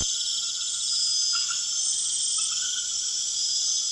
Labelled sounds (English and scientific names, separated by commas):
none